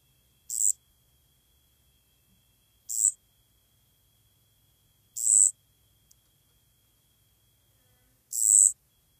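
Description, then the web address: Eastern striped cricket song, short high-pitched buzzy bursts repeated roughly every two to three seconds, four bursts over a quiet background. North America. "Songs of Insects. Eastern Striped Cricket"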